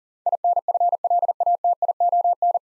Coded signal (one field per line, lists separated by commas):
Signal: Morse code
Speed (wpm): 43 wpm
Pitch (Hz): 700 Hz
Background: none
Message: INFLATION